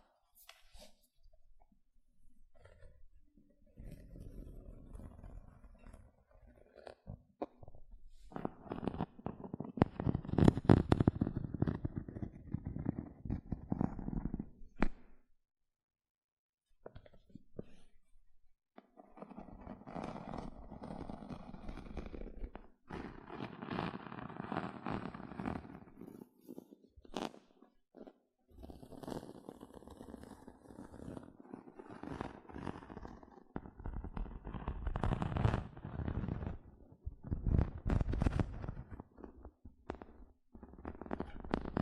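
Gentle scratching comes in bursts of dense, rough strokes, with a louder, heavier stretch around ten seconds. Short silent gaps near 15–18 and 28 seconds separate the passages, and the scratching is mostly low and soft with scattered brighter clicks throughout.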